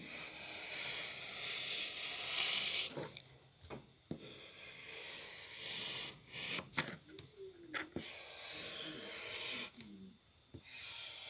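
Someone is drawing a picture, with a rough, scratchy rubbing of the tool on paper running through most of the clip in uneven strokes. Sharp taps and knocks break in around three, four, seven, eight and ten seconds, with a few quieter pauses between bursts of scratching.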